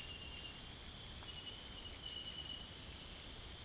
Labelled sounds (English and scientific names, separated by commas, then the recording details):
none
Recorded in dense forest near Puerto Asís, Putumayo, Colombia, on 22 June 2025 at 22:00
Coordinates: 0.503, -76.323
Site G059